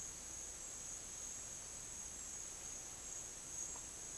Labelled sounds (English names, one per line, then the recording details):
none
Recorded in dense forest near Puerto Asís, Putumayo, Colombia, on 22 June 2025 at 10:30
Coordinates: 0.484, -76.325
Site H65